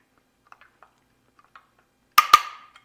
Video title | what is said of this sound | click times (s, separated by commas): 2019-2022+ Audi e-tron with Flush Rails - Thule Best Roof Rack | and there's the click | 2.2 s